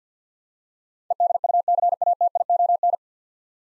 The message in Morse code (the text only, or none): EDUCATION